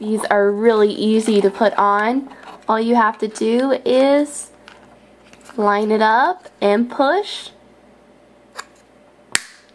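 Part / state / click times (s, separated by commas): plastic wheel onto toy egg racer car axle / seated / 9.4 s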